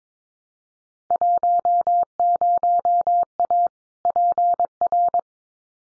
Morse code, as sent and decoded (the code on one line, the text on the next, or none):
.---- ----- .- / .--. .-.
10A PR